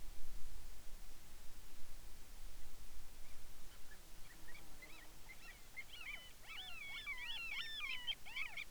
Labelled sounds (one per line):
bird
insects